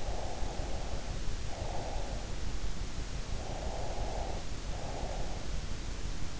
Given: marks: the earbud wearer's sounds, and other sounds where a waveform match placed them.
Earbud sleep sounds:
sounds in sleep by an in-ear microphone; breath
0.10-2.36 s: breath
3.37-5.56 s: breath

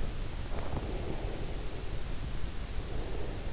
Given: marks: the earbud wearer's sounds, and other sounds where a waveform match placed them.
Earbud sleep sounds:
sounds in sleep by an in-ear microphone; breath
0.67-3.51 s: breath

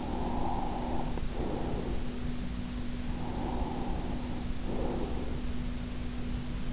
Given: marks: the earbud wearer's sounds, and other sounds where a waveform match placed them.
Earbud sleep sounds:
sounds in sleep by an in-ear microphone; breath
0.00-2.29 s: breath
3.29-5.29 s: breath

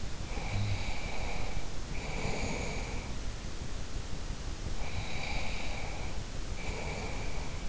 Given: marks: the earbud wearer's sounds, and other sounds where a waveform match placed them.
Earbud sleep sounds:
sounds in sleep by an in-ear microphone; snoring breath, breath
0.23-3.08 s: snoring breath
4.72-7.69 s: breath

